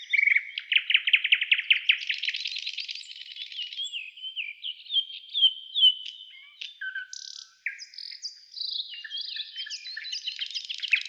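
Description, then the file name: Nightingale song opening with a loud fast trill of repeated notes, followed by varied whistles, buzzes and chirps. "Solovey-1 Trel"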